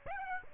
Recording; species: mosquito wingbeat signal from an infrared sensor; Aedes aegypti